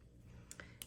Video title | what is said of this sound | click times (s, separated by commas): Beaded Patriotic Project Tutorial | and then your clasps are gonna pull up and pop into place, and there you have it. | 0.5 s, 0.6 s, 0.8 s